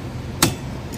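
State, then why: Seated. An Aero Wipers windshield wiper blade's plastic adapter is pushed further onto the metal hook of the wiper arm, giving a sharp, loud click at 0.4 s over a low background hum, followed by a much fainter tick at 0.9 s. The blade is seated on the hook and confirmed good.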